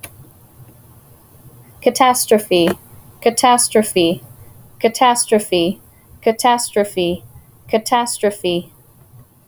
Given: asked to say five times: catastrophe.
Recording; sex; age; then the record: repeated word; female; 20 to 29 years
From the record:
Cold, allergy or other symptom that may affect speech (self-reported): no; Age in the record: 28 years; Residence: Colorado, United States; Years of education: 16